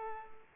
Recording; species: mosquito wingbeat signal from an infrared sensor; Culex pipiens